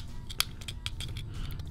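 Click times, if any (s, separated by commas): 0.4 s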